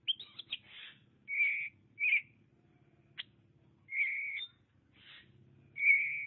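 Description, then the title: Oriental magpie-robin song: rich whistled notes and brief rasping chips separated by short pauses, over a low hum. Chirping song (kicauan) of the bird. "Suara Kicauan Burung Kacer Durasi Panjang"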